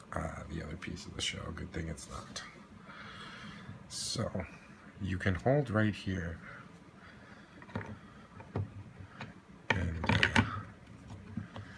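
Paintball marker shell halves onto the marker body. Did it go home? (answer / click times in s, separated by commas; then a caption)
no / none. Paintball marker shell halves are handled onto the marker body, with someone talking throughout and scattered handling knocks and scrapes, including a sharp cluster around 9.7–10.4 s. Nothing has seated or snapped together yet.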